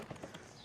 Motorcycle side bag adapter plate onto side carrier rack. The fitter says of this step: And then I push down and then you hear a click.